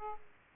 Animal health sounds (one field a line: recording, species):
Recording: mosquito wingbeat signal from an infrared sensor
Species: Aedes aegypti